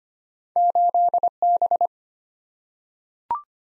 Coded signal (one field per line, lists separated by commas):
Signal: Morse code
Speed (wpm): 25 wpm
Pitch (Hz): 700 Hz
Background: none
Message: 8B